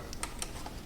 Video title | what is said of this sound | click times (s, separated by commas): Spark Plug Wire Replacement - Dodge Neon | make sure it Clips on there good and tight then I'm still going to take this and tuck it down in there | 0.2 s, 0.4 s